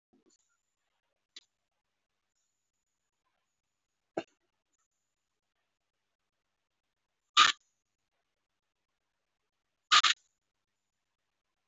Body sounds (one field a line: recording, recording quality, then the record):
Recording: deep breathing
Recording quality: moderate, slight background noise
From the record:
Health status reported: healthy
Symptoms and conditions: diabetes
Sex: female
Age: 46 years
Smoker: not ticked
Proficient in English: yes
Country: India